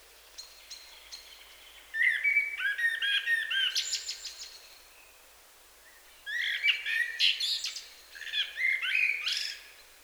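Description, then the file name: Common blackbird giving two long, flowing song phrases of mellow whistles mixed with thin high twitters, with a quiet pause between them. "Turdus merula"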